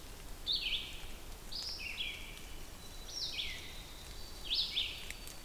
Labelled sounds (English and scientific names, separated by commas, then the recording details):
Red-eyed Vireo (Vireo olivaceus) song
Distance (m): 35 m
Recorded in boreal forest in Alberta, Canada, on 2 June 2016 at 07:54
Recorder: SongMeter 3, array SBT-3-7
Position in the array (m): 75 m, 143 m